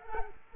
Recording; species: mosquito wingbeat signal from an infrared sensor; Culex quinquefasciatus